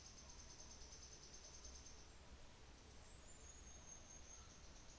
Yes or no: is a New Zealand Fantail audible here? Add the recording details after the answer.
yes. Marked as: faintness 1/5. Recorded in New Zealand on 24 December 2018. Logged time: 17:45